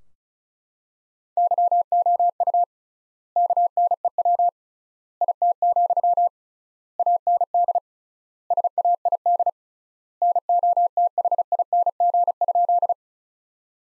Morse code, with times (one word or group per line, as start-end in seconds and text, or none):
1.4-2.6 YOU
3.4-4.5 KNEW
5.2-6.3 IT,
7.0-7.8 AND
8.5-9.5 SAID
10.2-12.9 NOTHING?